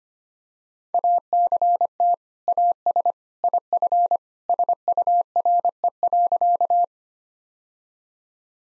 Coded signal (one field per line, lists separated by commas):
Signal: Morse code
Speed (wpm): 25 wpm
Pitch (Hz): 700 Hz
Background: none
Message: ACT AS IF SURE.